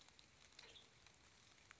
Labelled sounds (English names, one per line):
Western Tanager